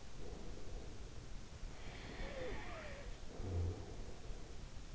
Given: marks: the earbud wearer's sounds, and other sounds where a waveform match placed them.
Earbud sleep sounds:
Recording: sounds in sleep by an in-ear microphone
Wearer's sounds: breath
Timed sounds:
1.75-4.61 s: breath

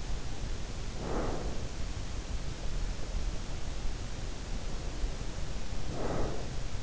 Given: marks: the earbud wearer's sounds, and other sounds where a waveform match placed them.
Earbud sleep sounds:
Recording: sounds in sleep by an in-ear microphone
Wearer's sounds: breath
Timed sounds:
0.73-2.01 s: breath
5.50-6.83 s: breath

